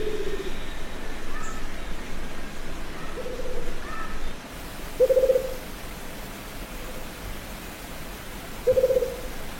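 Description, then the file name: Rufous-capped Motmot song: low, quavering trilled hoots spaced a few seconds apart, louder toward the end, over steady hiss with faint other birds. "Canto da juruva"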